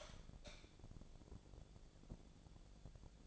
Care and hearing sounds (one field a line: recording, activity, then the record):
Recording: daily activity, microphone in the room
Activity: light on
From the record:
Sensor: 5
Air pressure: 1000.1 hPa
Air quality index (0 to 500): 105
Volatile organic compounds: 1 ppm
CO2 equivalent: 845 ppm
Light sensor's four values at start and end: 200/474/203/224 and 200/476/203/224